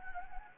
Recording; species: mosquito wingbeat signal from an infrared sensor; Anopheles gambiae